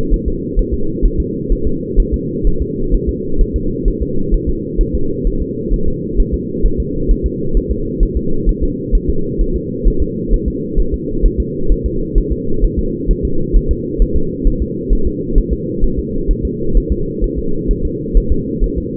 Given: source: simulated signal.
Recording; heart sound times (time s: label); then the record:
fetal heart sounds
0.14 s: S1
0.28 s: S2
0.59 s: S1
0.74 s: S2
1.06 s: S1
1.20 s: S2
1.52 s: S1
1.67 s: S2
2.00 s: S1
2.14 s: S2
2.47 s: S1
2.62 s: S2
2.95 s: S1
3.09 s: S2
3.41 s: S1
3.56 s: S2
3.88 s: S1
4.02 s: S2
4.34 s: S1
4.49 s: S2
4.81 s: S1
4.95 s: S2
5.27 s: S1
5.42 s: S2
5.74 s: S1
5.88 s: S2
6.20 s: S1
6.34 s: S2
6.66 s: S1
6.80 s: S2
7.11 s: S1
7.26 s: S2
7.57 s: S1
7.72 s: S2
8.03 s: S1
8.17 s: S2
8.49 s: S1
8.63 s: S2
8.95 s: S1
9.10 s: S2
9.41 s: S1
9.56 s: S2
9.88 s: S1
10.02 s: S2
10.34 s: S1
10.48 s: S2
10.80 s: S1
10.94 s: S2
11.26 s: S1
11.40 s: S2
11.72 s: S1
11.86 s: S2
12.18 s: S1
12.33 s: S2
12.64 s: S1
12.79 s: S2
13.11 s: S1
13.25 s: S2
13.56 s: S1
13.71 s: S2
14.02 s: S1
14.17 s: S2
14.47 s: S1
14.62 s: S2
14.93 s: S1
15.07 s: S2
15.38 s: S1
15.53 s: S2
15.84 s: S1
15.99 s: S2
16.31 s: S1
16.45 s: S2
16.77 s: S1
16.92 s: S2
17.24 s: S1
17.39 s: S2
17.71 s: S1
17.85 s: S2
18.17 s: S1
18.32 s: S2
18.64 s: S1
18.78 s: S2
From the record:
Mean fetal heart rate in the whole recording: 130 bpm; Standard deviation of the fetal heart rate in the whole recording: 2 bpm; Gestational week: 38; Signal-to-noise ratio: -8.1 dB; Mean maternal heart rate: 72 bpm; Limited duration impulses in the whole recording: absent